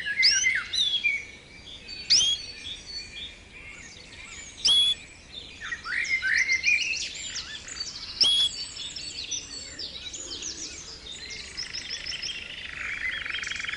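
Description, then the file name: Canary song, a varied run of sharp whistled sweeps, rapid trills and buzzy rolls, with loud clear notes breaking through at intervals. Canary therapy training recording (kenari terapi). "kenari terapi omkicau"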